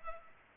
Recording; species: mosquito wingbeat signal from an infrared sensor; Culex pipiens